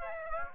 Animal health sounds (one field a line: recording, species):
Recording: mosquito wingbeat signal from an infrared sensor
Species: Aedes aegypti